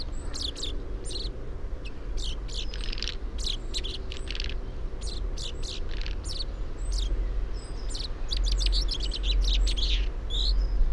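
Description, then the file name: Common chaffinch calls: many short sharp chirps repeated irregularly in quick groups, over a low rumble that grows slightly louder toward the end. "Fringilla coelebs"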